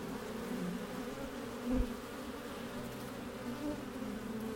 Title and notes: Hive Entrance From Top. A warm spring day in the Mission district, San Francisco 2009